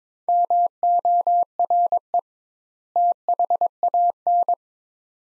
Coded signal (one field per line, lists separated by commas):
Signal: Morse code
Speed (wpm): 22 wpm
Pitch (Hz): 700 Hz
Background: none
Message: MORE THAN